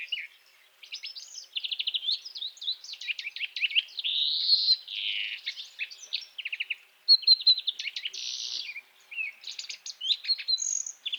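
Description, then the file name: European greenfinch pouring out an unbroken twittering song, rolling trills alternating with long wheezy, nasal drawn notes and sharp chirps. "Chloris chloris"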